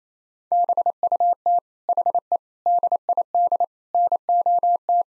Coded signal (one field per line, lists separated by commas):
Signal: Morse code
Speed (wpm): 27 wpm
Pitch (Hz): 700 Hz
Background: none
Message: BUT HE DID NOT